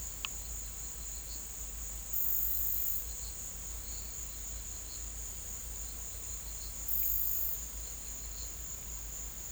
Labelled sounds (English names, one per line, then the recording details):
none
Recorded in pastures near Puerto Asís, Putumayo, Colombia, on 21 December 2024 at 16:00
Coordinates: 0.472, -76.329
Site G072